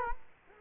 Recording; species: mosquito wingbeat signal from an infrared sensor; Culex quinquefasciatus